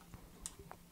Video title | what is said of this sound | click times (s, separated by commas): Shanny SN600SN Review | click it in and you should hear a small click there and that means it's proper secure | 0.5 s